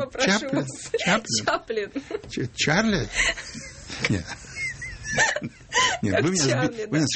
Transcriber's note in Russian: все смеются